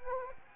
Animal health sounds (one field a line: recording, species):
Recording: mosquito wingbeat signal from an infrared sensor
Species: Anopheles gambiae